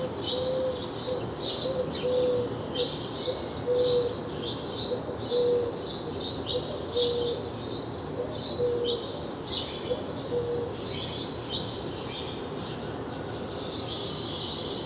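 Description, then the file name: House sparrow chirping in steady bright bursts, accompanied by soft low whistled notes recurring at intervals. "Passer domesticus"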